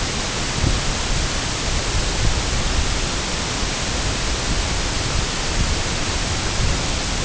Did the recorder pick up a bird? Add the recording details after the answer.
no. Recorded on Arctic tundra, site IGLO-A, on 16 June 2018. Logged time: 09:59